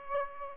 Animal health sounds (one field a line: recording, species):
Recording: mosquito wingbeat signal from an infrared sensor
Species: Aedes aegypti